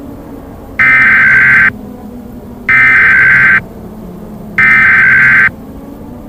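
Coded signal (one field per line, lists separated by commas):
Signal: Emergency Alert System (SAME) tones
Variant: header bursts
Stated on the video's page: Simulated tornado EAS scenario, possibly containing valid EAS tones.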